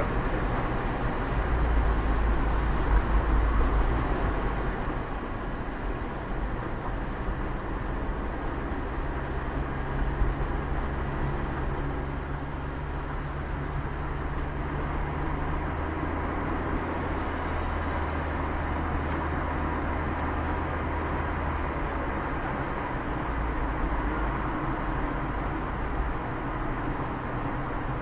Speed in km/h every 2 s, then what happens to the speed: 8, 7, 5, 6, 5, 6, 4, 0, 0, 0, 0, 0, 0, 0.
0-11 steady at about 6. 11-13 slows to 0. 13-28 standing.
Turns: none.